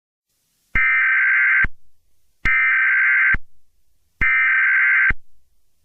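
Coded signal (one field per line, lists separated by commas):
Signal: Emergency Alert System (SAME) tones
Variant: header bursts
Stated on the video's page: Mock EAS alert.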